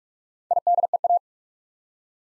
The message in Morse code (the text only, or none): IDEA